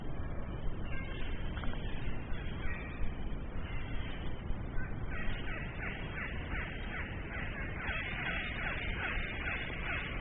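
Blue-backed parrot giving harsh, grating calls, becoming a rapid repeated series in the second half, over steady low rumbling background noise.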